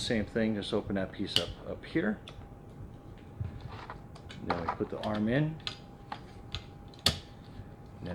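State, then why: Seated. Someone talks while a Rain-X Latitude wiper blade adapter is opened and fitted onto the hook-type wiper arm of the second wiper on an Acadia Denali. After a few soft handling taps, the blade is pulled back onto the arm hook and snaps into place with a sharp click at 7.1 s.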